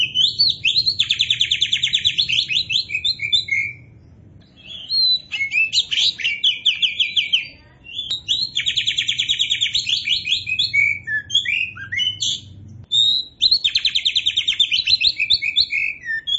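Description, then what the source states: Oriental magpie-robin song with long rapid buzzy trills broken by clear whistled slurs, pausing briefly between phrases. Kacer poci type of Oriental magpie-robin, singing in gacor style (vigorous, continuous song).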